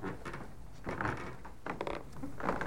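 An apartment door that had been broken open being opened with a series of mechanical rattles and clunks, several short scraping bursts spread over a few seconds, moderately loud, with no voices.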